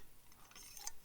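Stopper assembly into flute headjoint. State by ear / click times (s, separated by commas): seated / 0.9 s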